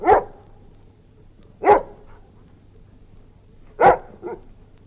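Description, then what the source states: Golden Retriever barks: three sharp, harsh barks spaced about two seconds apart, the last followed by a softer short bark, over a faint low hum. Golden Retriever growling.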